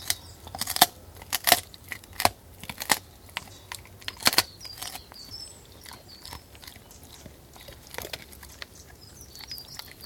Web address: BBC Birds BBC ECD 38. one dog exterior eating bones with some birdsong close perspective